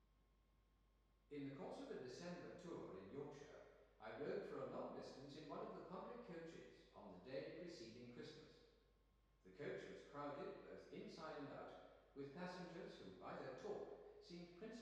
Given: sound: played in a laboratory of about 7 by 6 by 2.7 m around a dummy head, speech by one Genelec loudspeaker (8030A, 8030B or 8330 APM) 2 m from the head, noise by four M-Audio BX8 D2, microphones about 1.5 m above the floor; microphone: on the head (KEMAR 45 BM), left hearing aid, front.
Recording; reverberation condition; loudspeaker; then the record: male speech in English; high; 60 degrees to the right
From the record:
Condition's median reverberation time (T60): about 1300 ms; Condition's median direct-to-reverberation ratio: about -4.0 dB